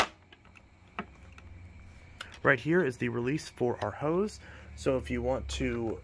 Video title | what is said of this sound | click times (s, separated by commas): Hoover WindTunnel Tempo T-Series Vacuum Review (UH30301) | and push it up until it clicks into place | 1.0 s